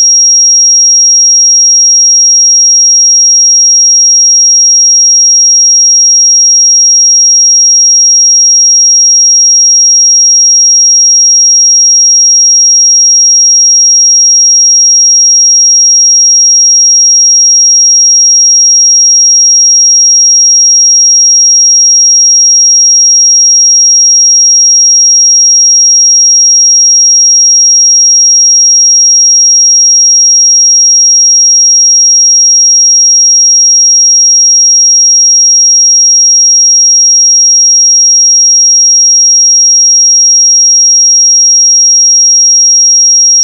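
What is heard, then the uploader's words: A pure 5620 Hz sine tone holds perfectly steady and bright for the whole clip, unchanging in pitch and loudness, with nothing else audible. 5620 Hz 1 Hz Interval Sine Pure Tone Frequency 441000 Sample Mono.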